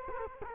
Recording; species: mosquito wingbeat signal from an infrared sensor; Culex quinquefasciatus